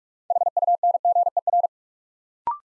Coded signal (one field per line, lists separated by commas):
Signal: Morse code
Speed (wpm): 44 wpm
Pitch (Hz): 700 Hz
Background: none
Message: HUNGER